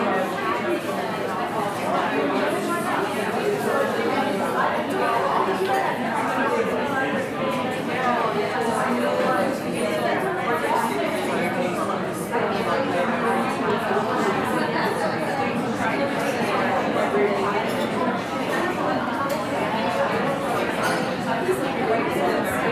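Coffee shop ambience with a dense, steady murmur of many overlapping voices talking at once, unchanging in level throughout, with occasional light clinks.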